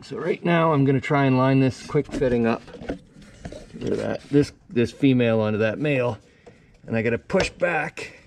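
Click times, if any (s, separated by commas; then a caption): none. Someone talks while lining up a female hydraulic quick-connect coupling on a tractor hose with its male fitting, about to hold the locking collar back and push it on. Only speech and faint handling noises are heard. Nothing has seated or clicked yet.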